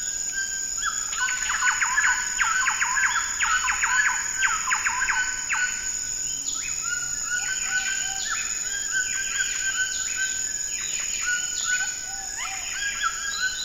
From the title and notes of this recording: Amazon Rainforest - Dawn - Toucans and Macaws. Toucans and macaws making a racket at dawn in the Amazon rainforest. A Thrush-like Wren also makes an appearance.